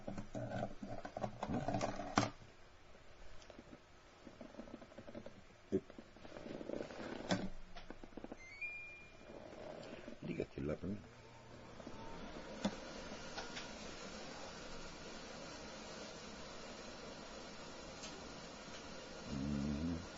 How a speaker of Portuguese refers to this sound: Deixa eu ligar aqui o ar-condicionado, porque está muito calor.